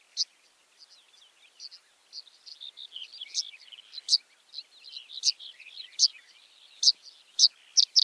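Red-headed bunting calls: soft twittering with several sharp high ticks that come closer together toward the end.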